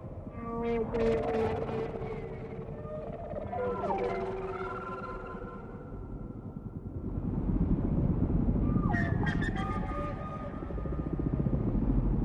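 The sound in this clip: Whale song, a chorus of overlapping tonal moans and high wavering notes, with bursts of rapid buzzy pulses at the start and again near nine seconds over a low rumble.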